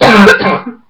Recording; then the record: coughing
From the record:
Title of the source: Barking cough - # 10